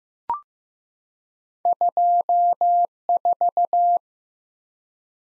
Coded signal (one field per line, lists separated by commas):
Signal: Morse code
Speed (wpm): 15 wpm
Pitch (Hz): 700 Hz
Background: none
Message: 24